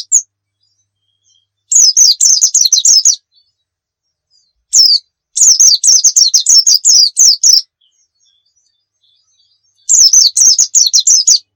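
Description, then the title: White-eye song: several bursts of fast, high, jittery twittering, each up to about two seconds long, separated by quiet pauses. Muria-type white-eye in vigorous 'gacor' song, used to train other birds to sing. "Pleci Muria Gacor"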